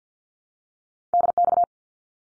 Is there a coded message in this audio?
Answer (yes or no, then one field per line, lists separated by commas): yes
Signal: Morse code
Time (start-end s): 1.1-1.6 s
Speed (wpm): 50 wpm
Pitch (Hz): 700 Hz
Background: none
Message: DX